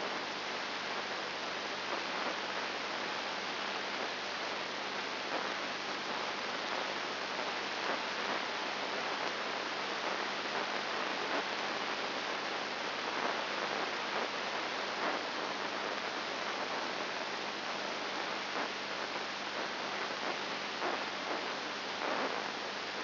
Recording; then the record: brain microelectrode recording played as sound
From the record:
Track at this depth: inside the subthalamic nucleus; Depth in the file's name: 3.701 mm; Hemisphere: left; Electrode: 2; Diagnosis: Parkinson's disease